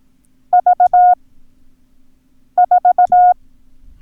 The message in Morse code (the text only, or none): V4